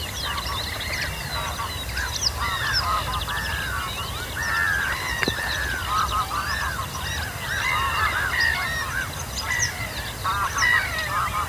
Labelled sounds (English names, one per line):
Western Yellow Wagtail